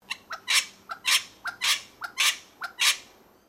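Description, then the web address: Wattlebird uttering harsh, raspy barking notes, mostly a short note followed by a longer grating burst, the pairs repeating steadily. "Sound Effects-Foundation 1 BIRD WATTLE BIRD CALL"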